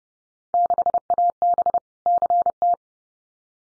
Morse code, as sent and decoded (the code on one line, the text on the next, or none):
-.... .- -... / -.-. -
6AB CT